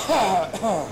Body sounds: coughing mixed with background sound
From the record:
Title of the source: Spring Allergy Coughing

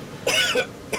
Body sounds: coughing mixed with background sound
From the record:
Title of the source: Dry Afternoon Cough

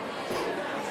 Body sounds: coughing mixed with background sound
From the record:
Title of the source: Coughing 77

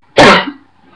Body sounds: coughing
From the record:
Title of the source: Barking cough - # 10

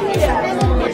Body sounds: background sound without coughing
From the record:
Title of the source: Nightlife Party Simulating Party Club Noise 1 Hour

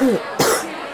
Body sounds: coughing mixed with background sound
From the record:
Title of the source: 30 Chesty and wet cough

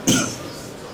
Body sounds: coughing mixed with background sound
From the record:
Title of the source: Spring Cold Coughing.

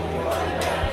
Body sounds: background sound without coughing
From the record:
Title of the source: CITY SOUNDS Busy Bar in the Evening Night - 2 HOURS of Ambiance for Relaxation

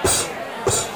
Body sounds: coughing mixed with background sound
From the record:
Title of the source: Mid-morning Winter Coughing Fit

